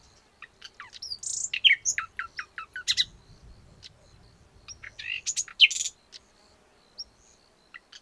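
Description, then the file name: Common nightingale song with a rapid series of repeated sharp notes, whistles and a loud rattle, followed by scattered single chirps. "Luscinia megarhynchos"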